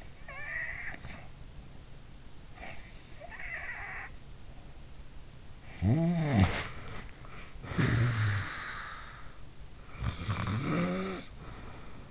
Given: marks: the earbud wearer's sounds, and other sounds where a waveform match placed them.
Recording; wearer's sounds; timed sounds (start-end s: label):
sounds in sleep by an in-ear microphone; snoring breath, body movement
0.00-1.65 s: snoring breath
2.68-4.74 s: snoring breath
5.31-9.31 s: snoring breath
6.17-7.08 s: body movement
9.83-12.11 s: snoring breath